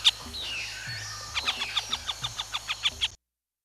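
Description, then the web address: Northern harrier calling: a brief descending whistled note, then a rapid series of sharp, high-pitched notes, with a low engine-like hum underneath. "soundswild northern harrier"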